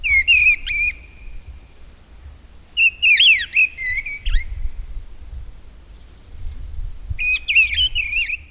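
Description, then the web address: Mistle thrush singing rich, fluty whistled phrases that twist up and down, delivered in bursts with gaps of a few seconds between them. "agykontroll Madardalok Cd 1. Léprigó"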